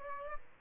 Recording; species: mosquito wingbeat signal from an infrared sensor; Aedes albopictus